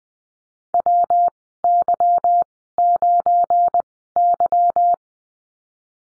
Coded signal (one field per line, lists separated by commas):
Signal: Morse code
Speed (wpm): 20 wpm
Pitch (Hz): 700 Hz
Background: none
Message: WY9Y